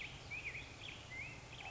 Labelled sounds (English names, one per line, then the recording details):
Black-headed Grosbeak
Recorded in Sonoma County, California